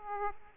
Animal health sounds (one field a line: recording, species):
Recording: mosquito wingbeat signal from an infrared sensor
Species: Aedes aegypti